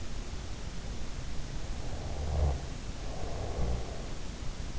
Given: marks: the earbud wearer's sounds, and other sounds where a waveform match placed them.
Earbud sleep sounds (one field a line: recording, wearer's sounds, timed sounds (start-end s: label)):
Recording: sounds in sleep by an in-ear microphone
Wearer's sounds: snoring breath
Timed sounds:
2.05-4.38 s: snoring breath